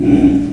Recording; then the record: squeal of a Yucatan mini pig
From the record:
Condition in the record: after surgery on the right vocal fold (resection and tissue-engineered implant); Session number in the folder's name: 1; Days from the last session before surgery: 13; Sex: female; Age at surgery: 19 weeks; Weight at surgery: 25 kg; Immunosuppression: prednisolone